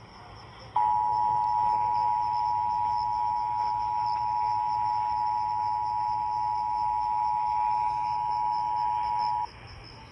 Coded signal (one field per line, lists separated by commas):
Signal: Emergency Alert System (SAME) tones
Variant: 853 and 960 Hz attention tone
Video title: Watch out When Outdoors at Night (Oregon Monthly EAS Test from 8/7/23) (EAS #1,361)